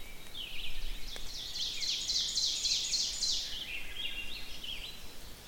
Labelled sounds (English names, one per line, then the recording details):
Ovenbird song
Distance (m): 30 m
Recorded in boreal forest in Alberta, Canada, on 5 June 2016 at 05:34
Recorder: SongMeter 3, array SBT-3-51
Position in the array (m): 246 m, 156 m
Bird 28